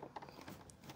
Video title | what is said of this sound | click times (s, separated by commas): Olympus BX61 Microscope - What Every User Should Know | So that clicks in. You'll hear it click. | 0.2 s